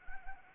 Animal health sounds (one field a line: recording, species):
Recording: mosquito wingbeat signal from an infrared sensor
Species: Anopheles arabiensis